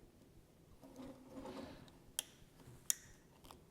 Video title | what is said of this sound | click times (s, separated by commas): Blackmagic Ursa Mini Pro 4.6K Unboxed: What you need to know before buying | there's your click I always kind of do an extra little push | 2.9 s